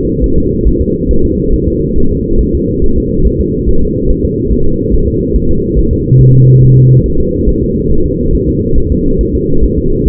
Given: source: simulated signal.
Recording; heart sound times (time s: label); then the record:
fetal heart sounds
0.24 s: S1
0.38 s: S2
0.67 s: S1
0.81 s: S2
1.11 s: S1
1.25 s: S2
1.54 s: S1
1.68 s: S2
1.98 s: S1
2.12 s: S2
2.41 s: S1
2.55 s: S2
2.84 s: S1
2.98 s: S2
3.26 s: S1
3.41 s: S2
3.69 s: S1
3.83 s: S2
4.10 s: S1
4.25 s: S2
4.52 s: S1
4.66 s: S2
4.94 s: S1
5.08 s: S2
5.36 s: S1
5.50 s: S2
5.79 s: S1
5.93 s: S2
6.21 s: S1
6.35 s: S2
6.63 s: S1
6.77 s: S2
7.06 s: S1
7.20 s: S2
7.49 s: S1
7.63 s: S2
7.91 s: S1
8.06 s: S2
8.35 s: S1
8.49 s: S2
8.78 s: S1
8.92 s: S2
9.21 s: S1
9.35 s: S2
9.64 s: S1
9.78 s: S2
10.08 s: S1
From the record:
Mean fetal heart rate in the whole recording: 140 bpm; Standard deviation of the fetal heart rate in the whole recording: 2 bpm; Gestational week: 34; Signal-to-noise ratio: -17.7 dB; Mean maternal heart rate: 72 bpm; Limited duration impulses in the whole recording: present